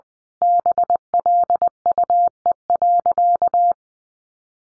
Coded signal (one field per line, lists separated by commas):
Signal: Morse code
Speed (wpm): 20 wpm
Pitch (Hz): 700 Hz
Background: none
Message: BLUE.